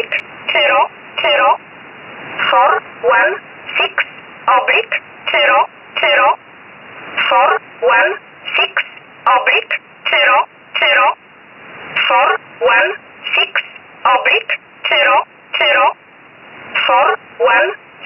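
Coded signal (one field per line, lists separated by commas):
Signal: numbers station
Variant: E11 Oblique, English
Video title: 13 05 2019 E11 Oblique Numbers station in English 0450 on 7469 unknown tx site in USB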